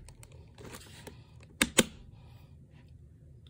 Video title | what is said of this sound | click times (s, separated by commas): Hyla Ventus EST Unboxing | this you just snapping clicks | 1.6 s, 1.8 s